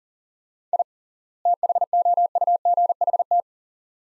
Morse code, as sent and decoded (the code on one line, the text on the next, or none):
.. / - .... --- ..- --. .... -
I THOUGHT